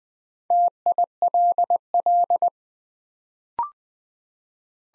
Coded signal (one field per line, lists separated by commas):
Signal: Morse code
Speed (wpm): 20 wpm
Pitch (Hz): 700 Hz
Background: none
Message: TILL